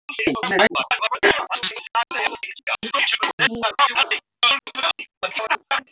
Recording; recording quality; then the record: shallow breathing; poor, much background noise or distortion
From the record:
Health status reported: healthy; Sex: female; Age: 22 years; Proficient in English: yes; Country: India